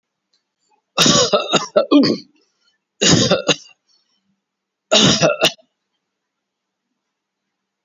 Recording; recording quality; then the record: heavy voluntary cough; excellent, no background noise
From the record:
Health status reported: COVID-19 positive, mild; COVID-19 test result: positive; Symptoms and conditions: pneumonia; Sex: male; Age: 60 years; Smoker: not ticked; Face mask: worn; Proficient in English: yes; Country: India